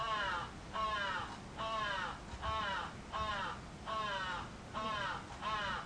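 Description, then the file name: Crow repeating loud, raspy, down-slurred caws at a steady pace of a little over one per second, with faint low background noise. Recorded 11 July 2011. "karasu 110711 0823"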